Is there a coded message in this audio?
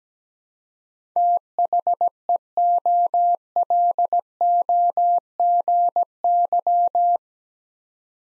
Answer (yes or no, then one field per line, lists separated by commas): yes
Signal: Morse code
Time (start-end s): 1.2-7.2 s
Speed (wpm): 17 wpm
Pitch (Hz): 700 Hz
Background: none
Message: THEOLOGY